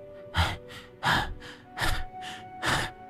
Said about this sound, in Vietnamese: thở hổn hển.